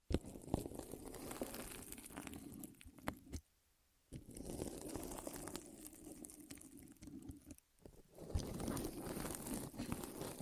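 ASMR rolling sounds: a steady, dense rumbling and crackling texture, low and mid-heavy with scattered sharp clicks and crinkles. It cuts to silence around 3.5 seconds and briefly near 7.6 seconds, then resumes, growing louder and grittier toward the end.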